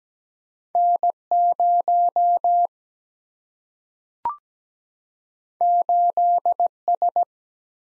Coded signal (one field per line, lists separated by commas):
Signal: Morse code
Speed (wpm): 17 wpm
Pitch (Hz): 700 Hz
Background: none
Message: N 0 8 S